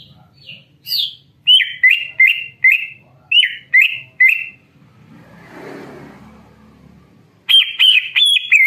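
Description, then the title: Greater green leafbird song: a series of about seven sweet descending whistled notes repeated quickly, a soft rushing noise, then a renewed burst of bright chirps. Bird in full, vigorous song. "Cucak Ijo Gacor"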